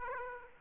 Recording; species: mosquito wingbeat signal from an infrared sensor; Aedes aegypti